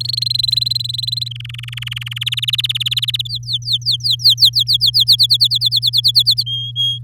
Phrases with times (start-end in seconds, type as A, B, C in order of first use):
0.00-1.28 A, 1.31-2.18 B, 2.21-3.27 C, 3.29-5.16 D, 5.18-6.43 E, 6.46-6.98 F